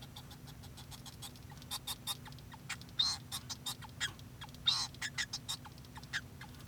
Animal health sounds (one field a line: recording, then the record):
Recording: song of a male Bengalese finch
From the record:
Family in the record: son of father 2